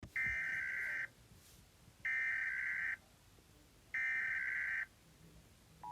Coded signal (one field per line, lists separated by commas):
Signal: Emergency Alert System (SAME) tones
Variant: header bursts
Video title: American Eas Alarm